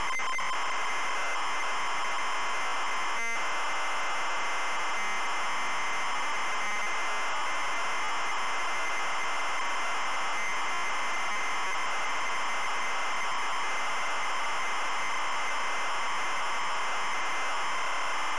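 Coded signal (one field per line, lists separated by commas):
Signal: ZX Spectrum tape loading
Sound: continuous harsh rasping data screech with no clear lead tone, one brief click early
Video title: ZX SPECTRUM Loading Pipe Mania 1990 Empire Software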